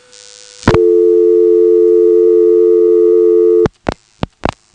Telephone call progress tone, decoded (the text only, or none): dial tone